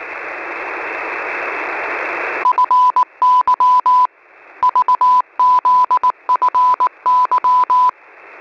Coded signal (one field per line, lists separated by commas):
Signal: Morse code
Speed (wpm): 19 wpm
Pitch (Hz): 1000 Hz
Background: none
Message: FY VZFY